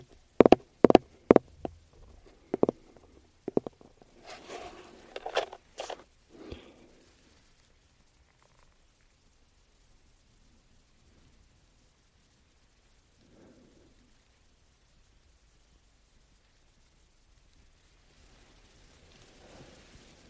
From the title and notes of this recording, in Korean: ASMR 노토킹 아로마오일, 케이스 탭핑.